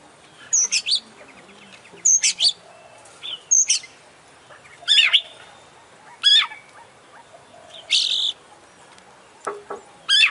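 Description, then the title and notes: Oriental magpie-robin song: repeated phrases of high whistles and sharp sweeping notes every second or two, mixed with a harsh rasping burst and brief pauses. Champion bird in continuous song (gacor), a masteran selection. "Kacer Juara Gacor. Kumpulan Suara Burung Masteran Pilihan"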